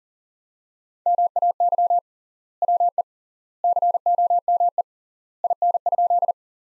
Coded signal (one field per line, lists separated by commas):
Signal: Morse code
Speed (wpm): 40 wpm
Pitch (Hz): 700 Hz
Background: none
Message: MAY WE COME IN?